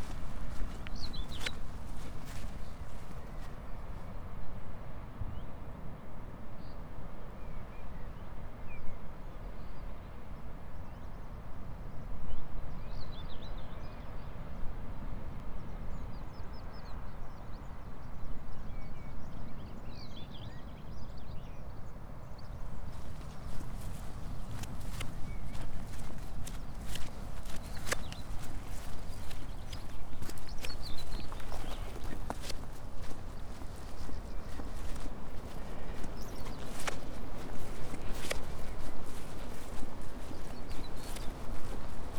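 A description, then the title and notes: Outdoors on a coastal path walk, with a steady low rumble of wind and surf throughout. Sharp, irregular clicks and knocks of footsteps or gear come through, growing busier after about 23 seconds. Faint bird chirps sound briefly. Today's walk is from Crackington Haven to Boscastle along the South West Coast Path.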